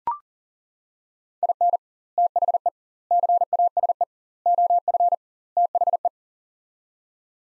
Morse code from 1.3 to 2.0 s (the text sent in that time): IN